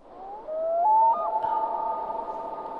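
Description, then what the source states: Common Loon wailing call: long, pure, mournful tones that step upward, then hold steady as one drawn-out note. Beloved bird of the northern US states, including New England, northern Minnesota and Michigan, and of Canada; one of its calls.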